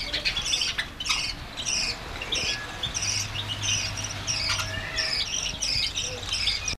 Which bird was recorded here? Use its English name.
Budgerigar